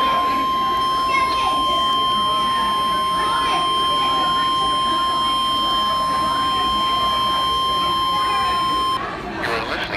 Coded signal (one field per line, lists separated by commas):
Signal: Emergency Alert System (SAME) tones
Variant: 1050 Hz attention tone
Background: speech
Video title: [LATE UPLOAD] EAS 162 RWT